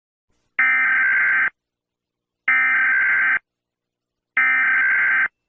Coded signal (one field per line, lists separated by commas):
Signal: Emergency Alert System (SAME) tones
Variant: header bursts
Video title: What if Pluto TV had Emergency Alert System tests? [MOCK, October 18, 2024)